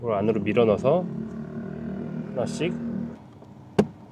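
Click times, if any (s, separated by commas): 3.8 s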